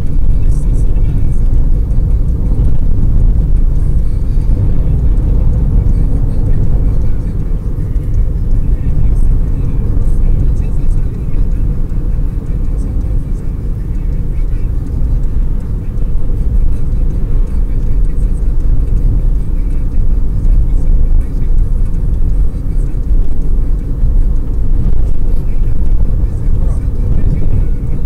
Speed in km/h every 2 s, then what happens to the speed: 75, 74, 76, 79, 79, 77, 73, 73, 74, 72, 72, 73, 75, 78.
0-9 steady at about 76. 9-12 slows to 73. 12-20 steady at about 73. 20-28 speeds up to 78.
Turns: none.